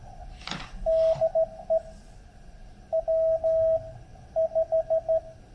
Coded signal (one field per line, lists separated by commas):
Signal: Morse code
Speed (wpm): 14 wpm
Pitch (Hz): 650 Hz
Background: radio noise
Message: DE W5